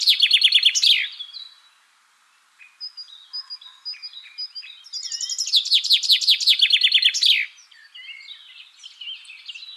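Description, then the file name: Common chaffinch song: the end of one loud phrase, then softer scattered chirps, then a second full phrase. "Fringilla coelebs"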